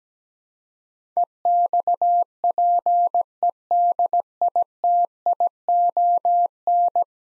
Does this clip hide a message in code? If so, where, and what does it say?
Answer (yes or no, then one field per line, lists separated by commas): yes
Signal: Morse code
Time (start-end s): 1.2-7.0 s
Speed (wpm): 17 wpm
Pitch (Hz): 700 Hz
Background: none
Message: EXPEDITION